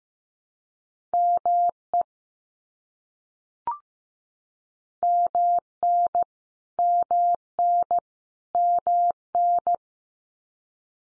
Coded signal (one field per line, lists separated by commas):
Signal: Morse code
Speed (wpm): 15 wpm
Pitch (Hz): 700 Hz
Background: none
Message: ME MN MN MN